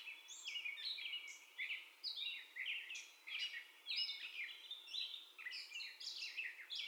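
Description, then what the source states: Gray catbird song, a series of varied squeaky and slurred phrases delivered in quick bursts, each different from the last. First song, recorded 30 May 2021.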